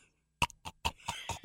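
An adult woman's rapid run of about six short, harsh cough bursts, a chronic cough she has had constantly for five years and that persists after three weeks of nasal spray.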